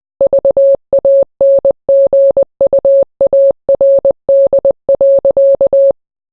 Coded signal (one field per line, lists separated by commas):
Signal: Morse code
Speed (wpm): 20 wpm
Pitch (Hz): 550 Hz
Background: none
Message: VANGUARD.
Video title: Taiwan Morse Code